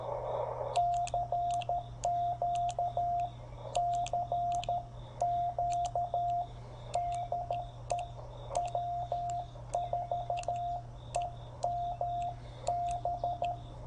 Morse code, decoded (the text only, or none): CQ CQ DE W4EMB